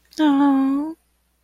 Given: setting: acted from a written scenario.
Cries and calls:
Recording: vocal sound without words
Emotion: romantic love

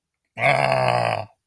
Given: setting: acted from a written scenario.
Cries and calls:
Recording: vocal sound without words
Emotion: pain

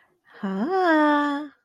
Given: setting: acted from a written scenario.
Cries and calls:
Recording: vocal sound without words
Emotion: romantic love

